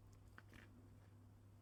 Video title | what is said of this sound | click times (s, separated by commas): Najbardziej chiński zegarek we WSZECHŚWIECIE! Giełda w dworku nawet fajna! | Wszystko ładnie kliknęło. Jest. Każdy kliknął. | 0.4 s, 0.6 s